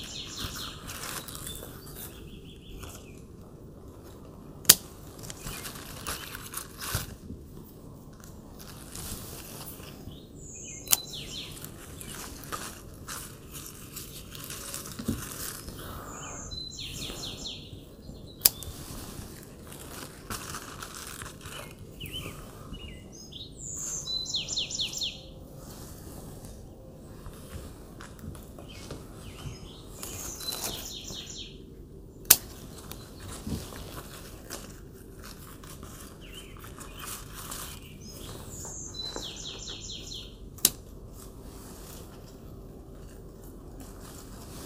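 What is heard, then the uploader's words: Birds sing in short, bright chirping phrases every few seconds over a steady low rumble. Sharp clicks and snips ring out now and then, around 5, 11, 18, 32 and 41 seconds, as grape leaves are harvested, with light rustling between them. Birds Singing. Harvesting Grape Leaves from Our Patio Garden.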